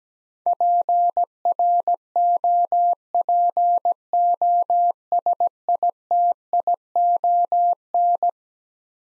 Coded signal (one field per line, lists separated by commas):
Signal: Morse code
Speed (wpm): 17 wpm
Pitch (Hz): 700 Hz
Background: none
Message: PROPOSITION